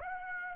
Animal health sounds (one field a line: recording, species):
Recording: mosquito wingbeat signal from an infrared sensor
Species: Aedes aegypti